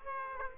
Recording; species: mosquito wingbeat signal from an infrared sensor; Aedes aegypti